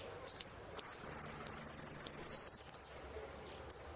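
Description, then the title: Saffron finch singing a bright, buzzy, rapidly pulsing trill between sweeping high notes, then one short chip after a pause. "Jilguero Argentino"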